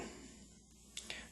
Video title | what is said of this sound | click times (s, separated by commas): A real trigger job for your Tavor | until I hear an audible click | 1.0 s